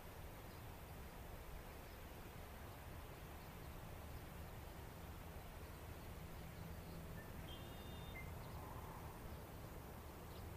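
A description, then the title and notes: Wind blows steadily through grass and trees, a dense, unbroken rush with a low rumble beneath it. A few faint bird chirps break through briefly around the eighth second. Spring in Rural Oregon. We enjoy a beautiful morning sound experience of rural Oregon. You can hear birds chirping, wind blowing on grass and trees, and practically smell the flowers blooming.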